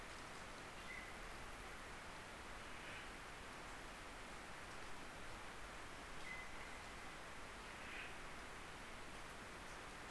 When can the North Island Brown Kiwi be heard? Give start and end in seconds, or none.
none